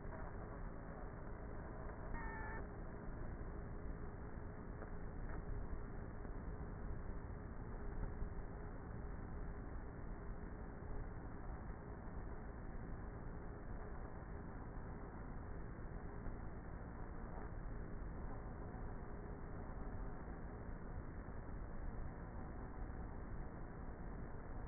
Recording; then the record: honeybee colony, microphone inside the hive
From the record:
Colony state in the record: queenless with a low population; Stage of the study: before two queens were removed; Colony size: about 30,000 bees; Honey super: no